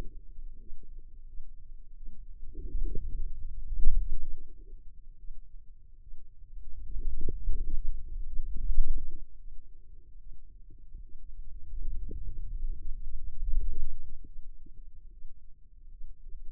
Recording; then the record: forearm muscle sounds (acoustic myography)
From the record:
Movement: wrist extension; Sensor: system 2, bracelet of six BSWA MPA416 microphones around the upper forearm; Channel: 5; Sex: female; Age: 25 years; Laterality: right